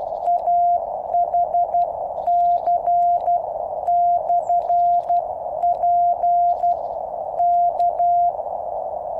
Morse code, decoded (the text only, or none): AHC/P K